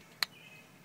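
A spark plug wire boot, which fits a little tight, is pushed down onto the terminal of a newly installed spark plug. Against a quiet background, a single sharp click sounds at 0.2 s. The boot is seated on the plug.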